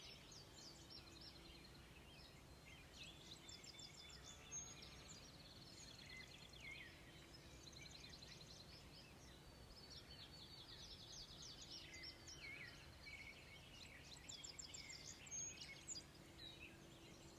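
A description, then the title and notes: Sounds from around a house: steady low rumble with a faint hum, while birds chirp and twitter throughout, sharp calls near 4 and 15 seconds. Sounds from around our house, mostly in the am.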